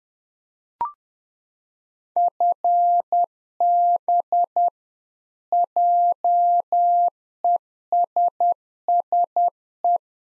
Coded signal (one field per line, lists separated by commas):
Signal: Morse code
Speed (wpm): 10 wpm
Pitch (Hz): 700 Hz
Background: none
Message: FB JESSE